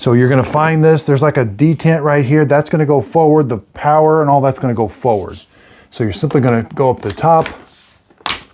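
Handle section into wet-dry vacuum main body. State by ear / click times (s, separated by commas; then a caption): seated / 8.3 s. Someone talks while the upper handle and power section of a Tineco Floor ONE S7 PRO Smart cordless wet-dry vacuum and mop is pushed down onto the top of the main body. A sharp click is heard at 8.3 s as the handle section snaps into place, seated on the vacuum body.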